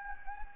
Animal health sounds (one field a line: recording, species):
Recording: mosquito wingbeat signal from an infrared sensor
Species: Anopheles gambiae